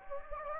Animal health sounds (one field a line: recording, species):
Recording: mosquito wingbeat signal from an infrared sensor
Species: Anopheles gambiae